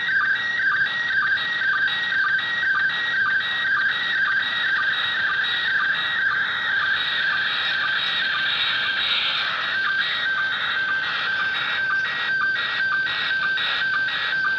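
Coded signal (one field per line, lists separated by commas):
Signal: SSTV (slow-scan television)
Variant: PD120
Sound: warbling tone sliding between pitches with regular short low sync blips, through static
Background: radio static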